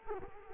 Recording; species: mosquito wingbeat signal from an infrared sensor; Culex quinquefasciatus